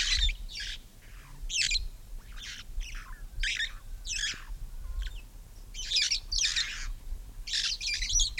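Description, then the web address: Red-fronted parrot calling with many rasping, shrill squawks in quick succession, some run together in short clusters. "poicephalus gulielmi"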